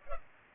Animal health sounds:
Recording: mosquito wingbeat signal from an infrared sensor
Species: Culex pipiens

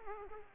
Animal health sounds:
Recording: mosquito wingbeat signal from an infrared sensor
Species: Aedes aegypti

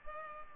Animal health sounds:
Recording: mosquito wingbeat signal from an infrared sensor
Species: Culex pipiens

